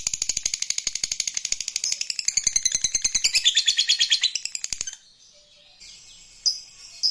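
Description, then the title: Lovebird chatter, dense shrill pulsing for about five seconds, then a pause and a few thin, sharp squeaks. "Suara Lovebird"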